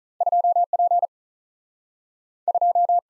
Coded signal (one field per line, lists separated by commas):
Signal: Morse code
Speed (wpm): 46 wpm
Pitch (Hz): 700 Hz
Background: none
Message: 2 P 2